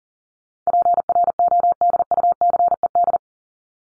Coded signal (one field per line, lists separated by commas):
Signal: Morse code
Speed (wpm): 40 wpm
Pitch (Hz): 700 Hz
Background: none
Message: PRODUCED